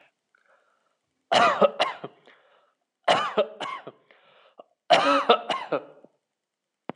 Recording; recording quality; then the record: heavy voluntary cough; excellent, no background noise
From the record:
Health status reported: healthy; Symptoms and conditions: none ticked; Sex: male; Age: 31 years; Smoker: not ticked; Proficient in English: yes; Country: India